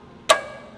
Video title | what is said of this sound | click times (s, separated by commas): Are Zipwakes the Real Deal? | the click from the torque, little torque wrench. We now know that we've got the required torque. | 0.3 s